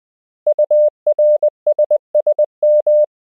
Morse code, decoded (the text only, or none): URSSM